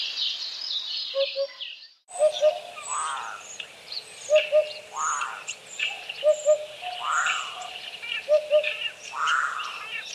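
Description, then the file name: Eurasian hoopoe giving low, hollow paired hoots, oop-oop, repeated about every two seconds, with other birds singing and chirping higher above throughout. "DUDEK"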